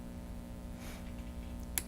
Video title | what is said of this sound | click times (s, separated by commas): TechT - Autococker 101 | we hear that click that's when the guns cocked | 1.8 s